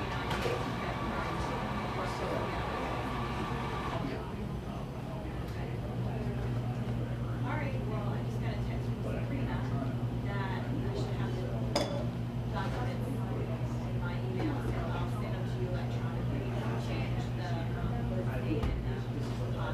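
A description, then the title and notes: A buzzing coffee shop fills with steady overlapping chatter over a low constant hum, and a brief tonal whine fades out around four seconds. A buzzing coffee shop.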